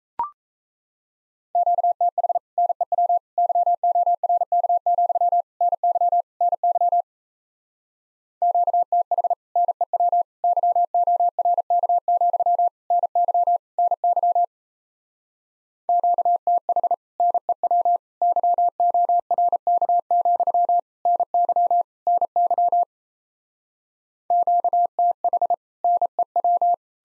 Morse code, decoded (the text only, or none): QTH NEW YORK, NY NY QTH NEW YORK, NY NY QTH NEW YORK, NY NY QTH NEW